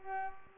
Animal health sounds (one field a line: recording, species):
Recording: mosquito wingbeat signal from an infrared sensor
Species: Culex pipiens